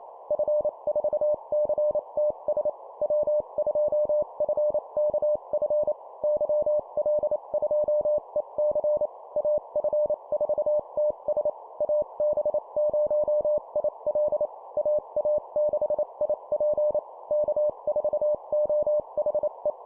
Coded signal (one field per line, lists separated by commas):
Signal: Morse code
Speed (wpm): 28 wpm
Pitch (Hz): 600 Hz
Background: none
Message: F4CTS W2FKF YL2EC AF4TS AB0IL AA6IP K4OHE